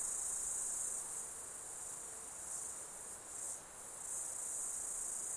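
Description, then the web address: Shrill continuous insect chorus with gentle rises and falls in loudness and a brief dip midway. Summer insect ambience in Australia. "Foundation 1 AMBIENCE AUSTRALIAN SUMMER INSECTS"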